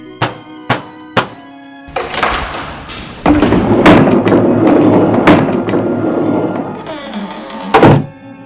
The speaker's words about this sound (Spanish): Se encerró y no quiere salir. ¡Vamos a romper la puerta!